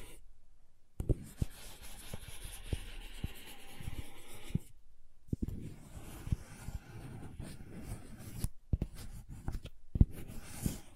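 Crayons scraping and drawing across paper, a dry scratchy rubbing that runs in bursts with sharp little taps mixed in. Strokes come in quick irregular runs, broken by short silences near one, five and eight and a half seconds, with a louder tap around ten seconds.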